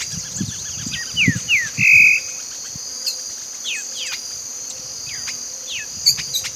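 Bird calls: short downslurred whistles and one steady held note, over a constant high insect drone and low rumbling.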